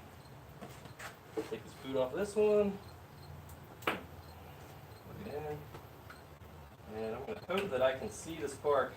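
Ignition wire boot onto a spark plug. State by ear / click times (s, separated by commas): seated / 3.9 s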